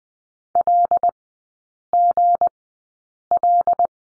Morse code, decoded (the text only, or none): LGL